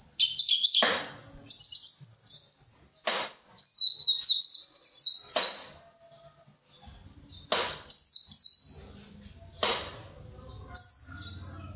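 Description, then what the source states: White-eye song, a rapid, high, tumbling warble of chirps broken by sharp clicks, then shorter high phrases with low rumbling knocks behind. Compilation of white-eye singing in the styles called ngalas and ngeroll.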